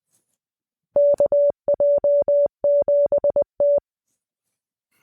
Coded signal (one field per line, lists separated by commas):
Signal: Morse code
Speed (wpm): 20 wpm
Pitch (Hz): 580 Hz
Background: none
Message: KJ7T